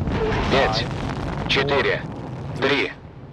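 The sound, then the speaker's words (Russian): The Space Shuttle Endeavour's main engines ignite during the launch countdown for a Hubble Space Telescope servicing mission, producing a dense, continuous rumbling roar that fills the whole stretch, while a voice speaks in three short bursts over the din. “Запустился главный двигатель.”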